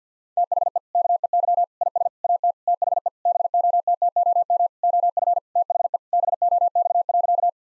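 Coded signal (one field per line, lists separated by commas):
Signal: Morse code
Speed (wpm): 50 wpm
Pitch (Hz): 700 Hz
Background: none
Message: THE KEY IS AT THE BOTTOM OF THE BOX.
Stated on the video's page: Morse code head-copy drill of sentences with common five-word phrases at 50 wpm, each sent, spoken, then sent again.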